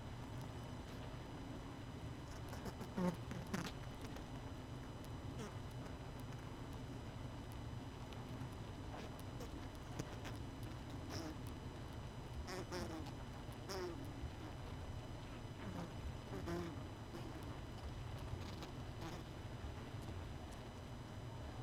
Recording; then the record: honeybee colony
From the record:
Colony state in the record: missing queen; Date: 31 May 2018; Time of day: 19:56